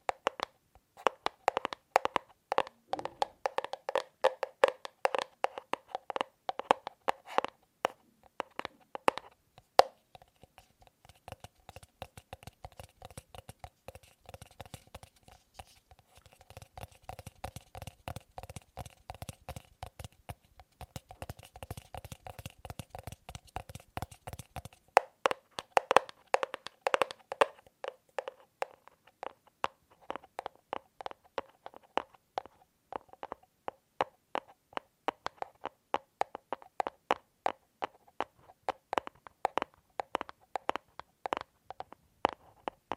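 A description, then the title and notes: Tapping on several objects, with quick sharp clicks in dense runs at the start and again from about 25 seconds on. Between roughly 10 and 25 seconds the taps turn softer, duller and lower, still rapid and even. Some strikes ring with a short tone. ASMR Fast & Slow Tapping on 6 Objects No Talking.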